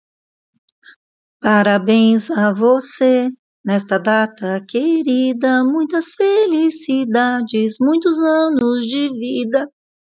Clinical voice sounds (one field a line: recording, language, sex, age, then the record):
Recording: short text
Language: Brazilian Portuguese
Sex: female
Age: 60 to 69 years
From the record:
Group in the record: control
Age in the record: 62 years